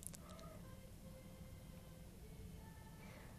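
Faint squeaky, gliding gurgles over a low rumble: an adult's stomach growling from an empty stomach after skipping breakfast, a normal bowel sound, picked up by a studio microphone in a college radio studio.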